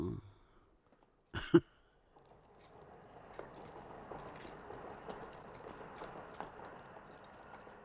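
A train rolls past with a steady low rumble and scattered rhythmic clacks, after a short sharp knock and a moment of quiet; no one speaks. It is a train sound effect added to a scene of the film Madadayo.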